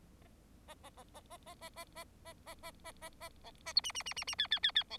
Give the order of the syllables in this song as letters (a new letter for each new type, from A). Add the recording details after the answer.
A A A A A A A A A A A A A A A B A C D D D D D E E E E B. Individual Bird4